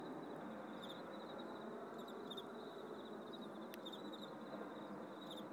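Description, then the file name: Cricket trilling on a steady, high, continuous note over a loud bed of broad hissing noise. "tomas miguel - grillos y murcielagos"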